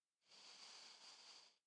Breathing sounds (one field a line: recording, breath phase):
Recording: one breath near a microphone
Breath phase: inhalation